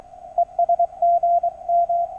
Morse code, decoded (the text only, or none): ES GM